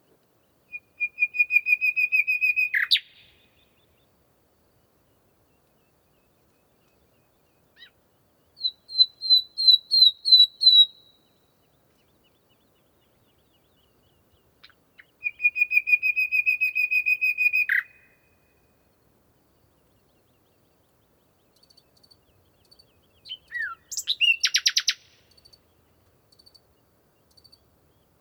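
A songbird sings in short bursts against near silence: a rapid trill around 1–3 s, a series of higher whistled notes near 9–11 s, the same trill again at 15–18 s, then a varied phrase with quick sweeping notes around 23–25 s.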